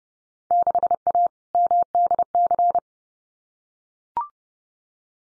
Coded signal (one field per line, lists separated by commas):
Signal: Morse code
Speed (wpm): 30 wpm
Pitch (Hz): 700 Hz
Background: none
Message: 6A MDC